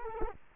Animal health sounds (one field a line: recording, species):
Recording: mosquito wingbeat signal from an infrared sensor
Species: Culex quinquefasciatus